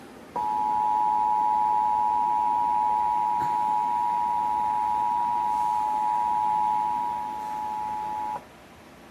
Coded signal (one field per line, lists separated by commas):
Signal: Emergency Alert System (SAME) tones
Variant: 853 and 960 Hz attention tone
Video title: Local Area Emergency AMBER ALERT (EAS #9)